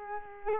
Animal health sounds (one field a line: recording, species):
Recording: mosquito wingbeat signal from an infrared sensor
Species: Culex quinquefasciatus